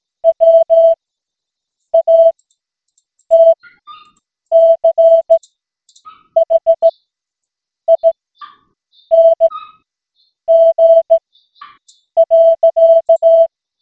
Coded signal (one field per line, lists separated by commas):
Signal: Morse code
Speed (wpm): 16 wpm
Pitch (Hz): 660 Hz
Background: none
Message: WATCHING.